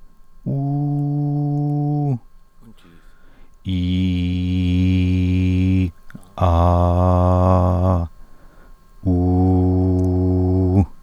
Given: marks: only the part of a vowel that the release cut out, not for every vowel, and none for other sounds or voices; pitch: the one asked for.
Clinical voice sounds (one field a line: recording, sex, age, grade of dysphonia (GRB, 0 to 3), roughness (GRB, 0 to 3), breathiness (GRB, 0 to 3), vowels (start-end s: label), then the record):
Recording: sustained vowels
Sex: male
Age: 30 to 39 years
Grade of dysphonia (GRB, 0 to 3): 0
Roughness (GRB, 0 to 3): 0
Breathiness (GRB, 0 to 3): 0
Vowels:
0.56-2.05 s: vowel /u/, high pitch
4.00-5.73 s: vowel /i/, low pitch
6.51-7.84 s: vowel /a/, low pitch
9.16-10.72 s: vowel /u/, low pitch
From the record:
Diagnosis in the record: healthy voice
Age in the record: 34 years